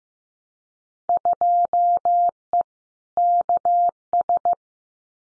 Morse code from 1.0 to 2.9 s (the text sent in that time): 2E